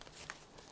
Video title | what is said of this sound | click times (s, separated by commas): Winter Camping in a Snow storm | and tighten like that and it locks in place. | 0.3 s